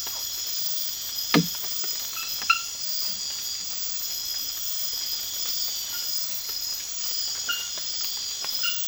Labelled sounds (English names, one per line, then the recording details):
none
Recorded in secondary vegetation near Puerto Asís, Putumayo, Colombia, on 8 March 2025 at 01:30
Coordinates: 0.498, -76.327
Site G001